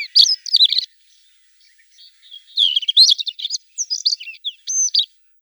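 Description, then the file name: Rufous-tailed scrub robin song: bursts of varied, sweet whistled and scratchy phrases, high-pitched, separated by short pauses. "Solovej tugajnyj"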